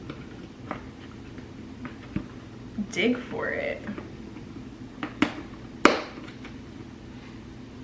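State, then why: Seated. Someone talks while pressing a plastic protein scoop into its holder inside a protein tub lid, with a few light taps and clicks along the way. A sharp, loud snap at 5.9 seconds marks the scoop seating in place in the lid.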